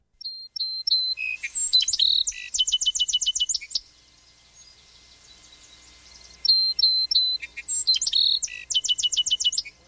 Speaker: if you hear that, you're hearing the song Sparrow.